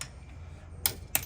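A torque wrench tightens the fifth wheel nut on a caravan wheel to 130 Nm. Two sharp metallic clicks sound at 0.9 s and 1.2 s over a low background hum, as the wrench clicks at its set torque.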